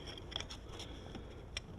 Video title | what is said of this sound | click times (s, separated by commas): Cummins, Mishimoto | hear that click and then so | 1.6 s